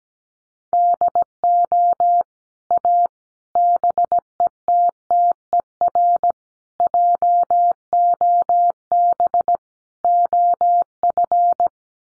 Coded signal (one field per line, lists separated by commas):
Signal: Morse code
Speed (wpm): 17 wpm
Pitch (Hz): 700 Hz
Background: none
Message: DO A BETTER JOB OF